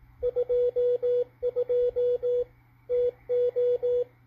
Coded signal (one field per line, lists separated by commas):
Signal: Morse code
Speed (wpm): 19 wpm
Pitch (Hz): 490 Hz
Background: radio noise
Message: 22 TO